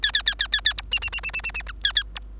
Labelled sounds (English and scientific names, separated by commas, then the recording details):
Bengalese Finch (Lonchura striata domestica) song
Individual Bird3